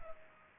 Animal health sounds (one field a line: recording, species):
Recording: mosquito wingbeat signal from an infrared sensor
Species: Culex pipiens